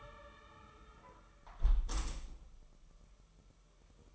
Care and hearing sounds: daily activity, microphone in the room; close window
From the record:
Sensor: 1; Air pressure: 999.8 hPa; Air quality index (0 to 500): 232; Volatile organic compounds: 94 ppm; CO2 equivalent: 3717 ppm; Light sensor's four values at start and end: 11/27/11/12 and 10/25/10/11

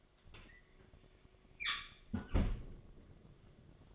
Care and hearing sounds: daily activity, microphone in the room; close fridge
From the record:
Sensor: 4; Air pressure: 1005.4 hPa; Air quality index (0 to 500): 174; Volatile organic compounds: 5 ppm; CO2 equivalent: 1709 ppm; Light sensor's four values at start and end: 5/11/4/4 and 6/13/5/4

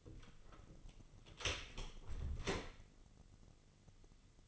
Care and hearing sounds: daily activity, microphone in the room; close door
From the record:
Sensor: 4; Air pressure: 996.9 hPa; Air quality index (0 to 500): 68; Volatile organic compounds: 2 ppm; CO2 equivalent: 1240 ppm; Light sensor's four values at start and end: 17/39/16/16 and 18/43/17/17

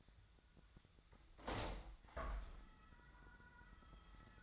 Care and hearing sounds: daily activity, microphone in the room; open window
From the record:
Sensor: 3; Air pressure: 1004.6 hPa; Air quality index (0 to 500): 74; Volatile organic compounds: 2 ppm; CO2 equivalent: 1099 ppm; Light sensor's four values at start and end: 7/16/6/6 and 7/16/6/6

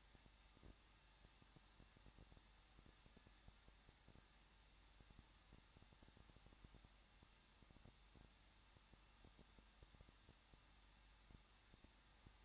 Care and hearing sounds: daily activity, microphone in the room; no activity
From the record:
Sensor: 3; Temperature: 21.2 degrees Celsius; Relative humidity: 36.2%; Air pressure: 1006.4 hPa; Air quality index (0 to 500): 221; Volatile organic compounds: 40 ppm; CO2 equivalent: 3140 ppm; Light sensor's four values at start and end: 2/3/2/2 and 2/3/2/2

